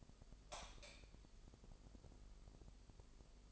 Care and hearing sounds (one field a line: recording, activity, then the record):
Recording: daily activity, microphone in the room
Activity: light on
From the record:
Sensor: 5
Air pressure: 995.5 hPa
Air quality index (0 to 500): 91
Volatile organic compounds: 5 ppm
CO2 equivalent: 1721 ppm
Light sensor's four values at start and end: 30/69/27/26 and 31/75/30/29